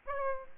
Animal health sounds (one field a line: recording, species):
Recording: mosquito wingbeat signal from an infrared sensor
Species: Aedes albopictus